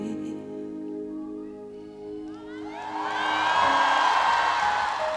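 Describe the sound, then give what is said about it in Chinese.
A sustained musical tone fades out, then a concert crowd erupts into loud applause with scattered high whoops and cheers that build and hold to the end, at the 2012 concert. “希望大家俾再热烈啲嘅掌声。”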